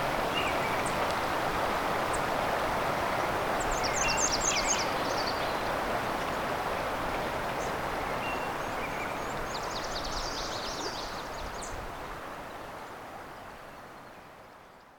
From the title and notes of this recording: After two hours along Crane River, the birdsongs are still very intense. We’ll continue to listen to the migrant warblers and other songbird species, one last listen to the birds of Johnston Harbour.